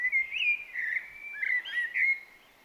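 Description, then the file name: Common blackbird song, a rich, continuous warble of looping fluty whistles with wavering pitch, fading at the close. "Turdus merula"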